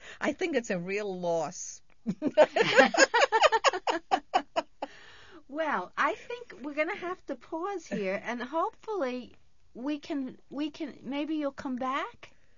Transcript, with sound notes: I think it's a real loss. ( they laugh )
Well, I think we're going to have to pause here, and hopefully we can, we can, maybe you'll come back?